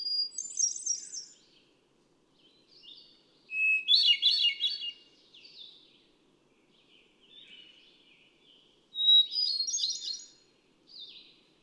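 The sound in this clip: Hermit thrush singing: each phrase opens on a clear held whistle, then breaks into a rapid shimmering cascade of higher notes; three phrases, each followed by fading echoes.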